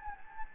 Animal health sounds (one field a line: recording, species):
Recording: mosquito wingbeat signal from an infrared sensor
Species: Anopheles gambiae